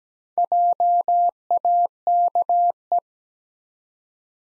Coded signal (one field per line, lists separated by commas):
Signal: Morse code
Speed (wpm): 17 wpm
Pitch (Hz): 700 Hz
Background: none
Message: JAKE